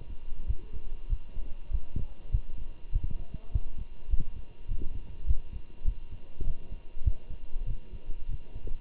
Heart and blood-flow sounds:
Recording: heart sounds by stethoscope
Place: between the tricuspid and mitral areas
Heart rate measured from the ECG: 100 bpm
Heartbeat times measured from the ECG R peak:
0.47 s: heartbeat
1.10 s: heartbeat
1.72 s: heartbeat
2.32 s: heartbeat
2.93 s: heartbeat
3.52 s: heartbeat
4.11 s: heartbeat
4.69 s: heartbeat
5.27 s: heartbeat
5.86 s: heartbeat
6.45 s: heartbeat
7.05 s: heartbeat
7.67 s: heartbeat
8.29 s: heartbeat
From the record:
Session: walking at 3.7 km/h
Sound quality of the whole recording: good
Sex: male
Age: 23 years

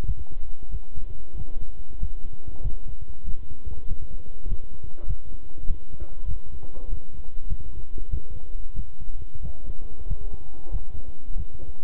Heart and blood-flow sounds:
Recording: heart sounds by stethoscope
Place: between the tricuspid and mitral areas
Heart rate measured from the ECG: 96 bpm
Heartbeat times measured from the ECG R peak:
0.04 s: heartbeat
0.69 s: heartbeat
1.35 s: heartbeat
1.98 s: heartbeat
2.61 s: heartbeat
3.24 s: heartbeat
3.86 s: heartbeat
4.46 s: heartbeat
5.06 s: heartbeat
5.66 s: heartbeat
6.26 s: heartbeat
6.87 s: heartbeat
7.46 s: heartbeat
8.09 s: heartbeat
8.74 s: heartbeat
9.40 s: heartbeat
10.06 s: heartbeat
10.70 s: heartbeat
11.35 s: heartbeat
From the record:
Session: walking at 3.7 km/h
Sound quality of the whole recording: good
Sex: male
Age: 26 years

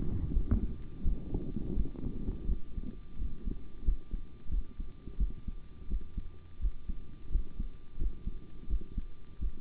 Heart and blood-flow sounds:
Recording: heart sounds by stethoscope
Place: between the tricuspid and mitral areas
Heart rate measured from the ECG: 86 bpm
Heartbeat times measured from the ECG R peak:
0.32 s: heartbeat
1.03 s: heartbeat
1.75 s: heartbeat
2.46 s: heartbeat
3.16 s: heartbeat
3.83 s: heartbeat
4.49 s: heartbeat
5.17 s: heartbeat
5.88 s: heartbeat
6.59 s: heartbeat
7.29 s: heartbeat
7.97 s: heartbeat
8.67 s: heartbeat
9.39 s: heartbeat
From the record:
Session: rest, sitting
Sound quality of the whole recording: good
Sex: male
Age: 25 years

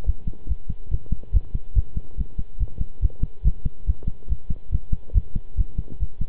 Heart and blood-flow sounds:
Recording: heart sounds by stethoscope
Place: between the tricuspid and mitral areas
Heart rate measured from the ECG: 142 bpm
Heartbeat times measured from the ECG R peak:
0.06 s: heartbeat
0.48 s: heartbeat
0.91 s: heartbeat
1.33 s: heartbeat
1.75 s: heartbeat
2.17 s: heartbeat
2.59 s: heartbeat
3.02 s: heartbeat
3.44 s: heartbeat
3.87 s: heartbeat
4.29 s: heartbeat
4.71 s: heartbeat
5.14 s: heartbeat
5.57 s: heartbeat
6.00 s: heartbeat
From the record:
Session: pedaling a stationary bicycle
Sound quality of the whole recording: good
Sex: male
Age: 23 years

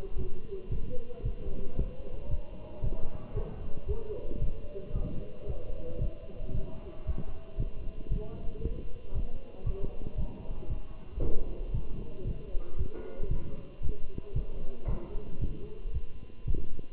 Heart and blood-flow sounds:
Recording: heart sounds by stethoscope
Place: between the tricuspid and mitral areas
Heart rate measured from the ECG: 114 bpm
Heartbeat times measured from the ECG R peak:
0.17 s: heartbeat
0.71 s: heartbeat
1.25 s: heartbeat
1.78 s: heartbeat
2.31 s: heartbeat
2.84 s: heartbeat
3.36 s: heartbeat
3.88 s: heartbeat
4.42 s: heartbeat
4.95 s: heartbeat
5.48 s: heartbeat
6.01 s: heartbeat
6.55 s: heartbeat
7.07 s: heartbeat
7.60 s: heartbeat
8.12 s: heartbeat
8.64 s: heartbeat
9.15 s: heartbeat
9.66 s: heartbeat
10.18 s: heartbeat
10.70 s: heartbeat
11.22 s: heartbeat
11.74 s: heartbeat
12.27 s: heartbeat
12.79 s: heartbeat
13.31 s: heartbeat
13.83 s: heartbeat
14.36 s: heartbeat
14.88 s: heartbeat
15.41 s: heartbeat
15.94 s: heartbeat
16.48 s: heartbeat
From the record:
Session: walking at 3.7 km/h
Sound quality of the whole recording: good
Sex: male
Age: 27 years

